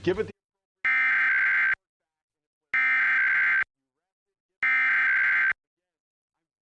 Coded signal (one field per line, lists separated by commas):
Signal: Emergency Alert System (SAME) tones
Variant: header bursts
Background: speech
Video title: August 2021 Oklahoma Required Monthly Test (Subchannel Showcase Part 4) | 8/3/21 | EAS 410-417